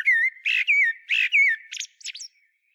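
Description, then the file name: Common blackbird, a brief run of whistled and chattering notes followed by two high scratchy twitters, then quiet. "Turdus merula"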